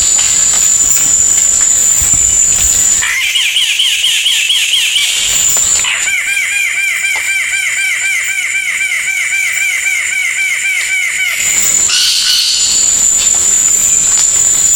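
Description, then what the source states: Bird song in two long bursts of rapid, arched, buzzy-edged notes, roughly four per second, separated by pauses filled with a continuous high whine. Melodious voice.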